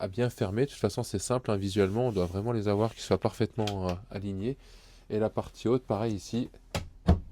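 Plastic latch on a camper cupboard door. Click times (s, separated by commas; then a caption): 6.8 s. A plastic latch on the upper cupboard door of a Chausson C727 camper van is clipped shut while someone talks. The latch snaps into place with a sharp click at 6.8 s, followed by a second, quieter knock at 7.1 s, leaving the latch seated and the door secured.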